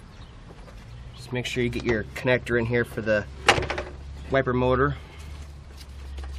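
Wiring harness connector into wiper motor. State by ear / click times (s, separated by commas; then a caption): not seated / none. On a Ford Freestar being repaired under TSB 06-14-10 for water entering the PCM, a wiring harness connector is handled near the wiper motor while the lower wiper cowl housing is refitted. Someone talks over a steady low hum, with a few brief sharp handling knocks around 3.5 s and 3.7 s and faint ones near the end. Nothing has seated or clicked yet; the connector is not yet home when the clip ends.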